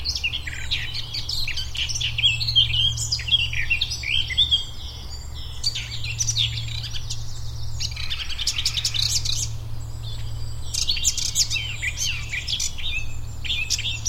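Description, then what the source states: Eurasian blackcap song, a rich, fast warbling of varied whistled and scratchy notes in bursts, over a steady low hum. Recorded at Rammamere Heath.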